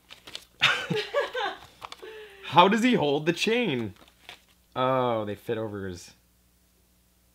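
A small plastic chain accessory is handled and tried against a toy minifigure's hands, with light handling taps in the first two seconds while someone talks. The chain has not snapped into place yet.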